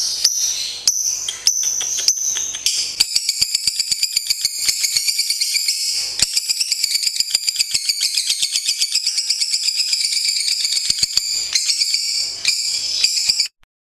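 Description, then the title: Lovebird song, a long high chattering run of rapid clicks and harmonic notes, broken at first, then continuous, ending abruptly. National champion bird. "Suara Lovebird Juara Nasional"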